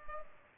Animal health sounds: mosquito wingbeat signal from an infrared sensor; Culex pipiens

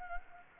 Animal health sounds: mosquito wingbeat signal from an infrared sensor; Anopheles gambiae

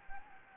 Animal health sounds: mosquito wingbeat signal from an infrared sensor; Anopheles gambiae

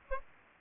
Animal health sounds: mosquito wingbeat signal from an infrared sensor; Aedes aegypti

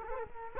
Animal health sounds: mosquito wingbeat signal from an infrared sensor; Culex quinquefasciatus

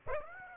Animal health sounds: mosquito wingbeat signal from an infrared sensor; Aedes aegypti

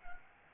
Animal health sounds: mosquito wingbeat signal from an infrared sensor; Anopheles gambiae

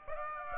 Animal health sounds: mosquito wingbeat signal from an infrared sensor; Aedes aegypti

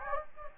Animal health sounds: mosquito wingbeat signal from an infrared sensor; Anopheles gambiae

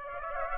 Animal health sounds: mosquito wingbeat signal from an infrared sensor; Aedes aegypti

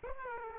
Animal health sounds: mosquito wingbeat signal from an infrared sensor; Aedes aegypti

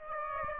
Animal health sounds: mosquito wingbeat signal from an infrared sensor; Aedes aegypti

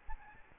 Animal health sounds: mosquito wingbeat signal from an infrared sensor; Aedes albopictus

